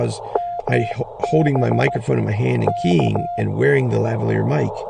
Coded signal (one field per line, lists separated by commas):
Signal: Morse code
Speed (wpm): 15 wpm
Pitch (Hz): 700 Hz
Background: speech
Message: MB K